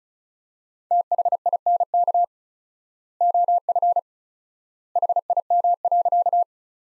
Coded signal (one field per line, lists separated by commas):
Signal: Morse code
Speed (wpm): 34 wpm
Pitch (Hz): 700 Hz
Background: none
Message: THINK OF HIM.